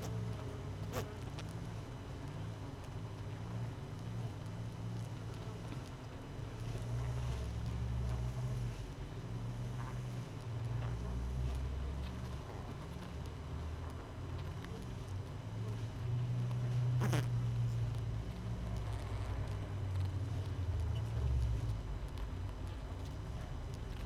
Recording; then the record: honeybee colony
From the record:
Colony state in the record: missing queen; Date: 31 May 2018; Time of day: 5:17